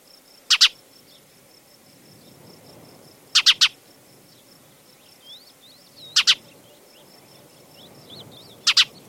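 Spanish sparrow calls: harsh chirps in pairs and triplets about every three seconds, over a faint steady high hiss and twittering.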